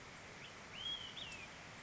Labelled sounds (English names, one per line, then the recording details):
Olive-sided Flycatcher
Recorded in Sonoma County, California